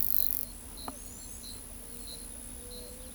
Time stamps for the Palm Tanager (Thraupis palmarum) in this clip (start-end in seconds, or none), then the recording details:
0.91-1.42. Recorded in pastures near Pivijay, Magdalena, Colombia, on 4 June 2023 at 09:00. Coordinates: 10.456, -74.369. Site P6-G026